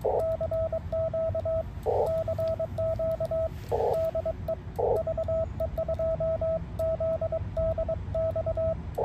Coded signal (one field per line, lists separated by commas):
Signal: Morse code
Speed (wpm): 22 wpm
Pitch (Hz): 650 Hz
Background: radio noise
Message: CQ CQ DE VE2ZDX